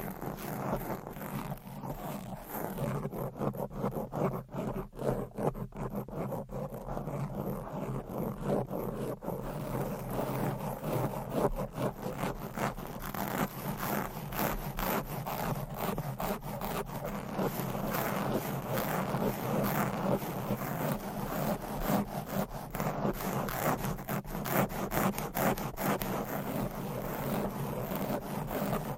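Fast, aggressive scratching of nails across microphone covers, a dense rasping texture that runs without pause for the whole clip. Strokes come in rapid, uneven bursts over a steady low rumble, growing brighter and busier after the first ten seconds.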